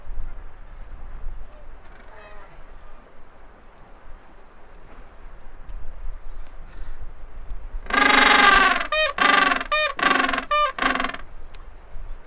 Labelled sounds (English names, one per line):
Gentoo Penguin call